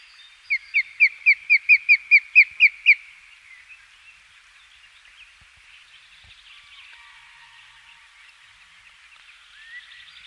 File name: Osprey - Pandion haliaetus